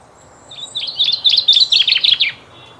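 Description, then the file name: Common chaffinch song: a quick run of bright notes that drops in pitch toward the end. "Fringilla coelebs"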